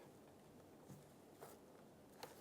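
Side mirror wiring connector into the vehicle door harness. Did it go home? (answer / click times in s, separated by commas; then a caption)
yes / 2.2 s. On a 2003-2008 Honda Pilot, the side mirror's electrical plug is pushed into its mating connector in the door wiring harness. Soft handling noise and faint bumps lead to a sharp, short click at 2.2 s as the connector seats and locks in.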